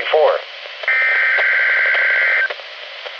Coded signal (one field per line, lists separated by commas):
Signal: Emergency Alert System (SAME) tones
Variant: header bursts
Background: speech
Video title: EAS #286-287: 2 NWR Required Weekly Tests- Jan. 9-16, 2019